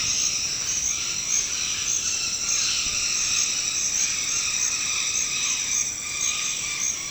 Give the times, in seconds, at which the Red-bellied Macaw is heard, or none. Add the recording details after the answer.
0.00-7.10. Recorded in dense forest near Puerto Asís, Putumayo, Colombia, on 18 February 2024 at 09:00. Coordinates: 0.472, -76.329. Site G6394